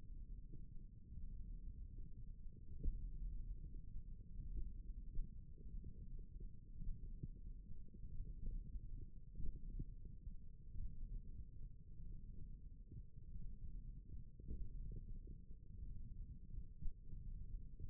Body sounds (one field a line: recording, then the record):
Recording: forearm muscle sounds (acoustic myography)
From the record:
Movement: thumb flexion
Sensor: system 1, eight BSWA MPA416 microphones around the upper forearm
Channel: 1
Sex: female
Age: 22 years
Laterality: right